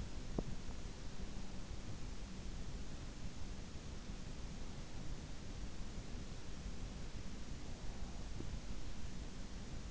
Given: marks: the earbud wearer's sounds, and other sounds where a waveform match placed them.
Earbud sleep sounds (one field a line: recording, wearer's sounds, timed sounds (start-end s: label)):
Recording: sounds in sleep by an in-ear microphone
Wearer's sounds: teeth grinding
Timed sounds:
0.00-0.86 s: teeth grinding